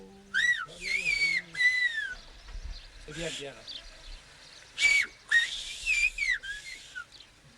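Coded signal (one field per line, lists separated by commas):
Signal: whistled language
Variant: Aas whistled Occitan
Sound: short gliding whistled syllables rising and falling, with a few brief low voice sounds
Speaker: the boy here is having trouble learning to stress each syllable those stresses are part of the language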